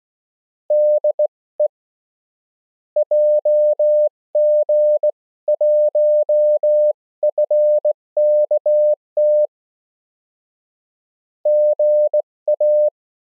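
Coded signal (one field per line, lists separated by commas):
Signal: Morse code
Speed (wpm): 19 wpm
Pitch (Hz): 600 Hz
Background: none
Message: DE JG1FKT GA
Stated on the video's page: Simulated CW QSO made by an iPhone app using a touch keyer.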